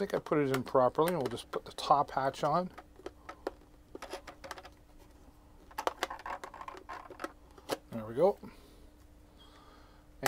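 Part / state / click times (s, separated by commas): top hatch onto RC boat hull / seated / 10.3 s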